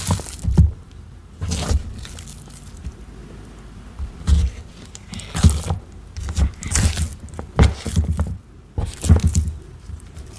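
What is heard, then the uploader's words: Cornstarch crunchies being squeezed and broken, with irregular bursts of crisp crackling and soft low thuds roughly every second, quiet between. Cornstarch Crunchies.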